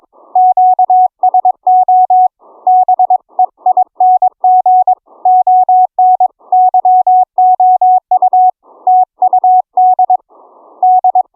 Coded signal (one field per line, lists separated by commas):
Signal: Morse code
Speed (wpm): 22 wpm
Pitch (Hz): 740 Hz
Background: none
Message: QSO BEING ON YOUTU D D